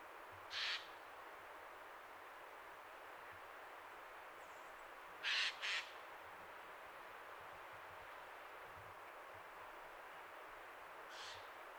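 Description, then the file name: Eurasian jay giving a few brief, harsh rasping calls, one single and one doubled, then a faint final call over a steady background hiss. "Garrulus glandarius"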